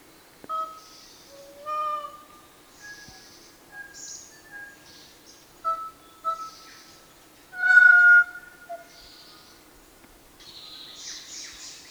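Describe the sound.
Kōkako song: drawn-out organ-like tones separated by pauses, with one louder, harsher note.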